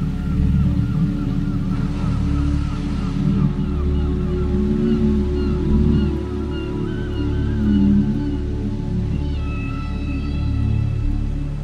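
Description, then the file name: Beluga whale vocalizing with faint wavering whistles early on, then a bright burst of rising chirps near the end, all over a continuous low drone. "Ballena beluga Whales"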